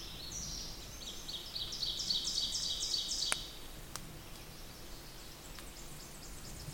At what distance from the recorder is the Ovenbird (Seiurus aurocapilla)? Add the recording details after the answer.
about 30 m. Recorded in boreal forest in Alberta, Canada, on 8 June 2016 at 07:00. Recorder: SongMeter 3, array SBT-3-9. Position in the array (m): 48 m, 99 m. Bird 33